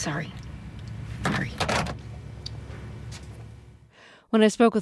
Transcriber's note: soundbite of phone hanging up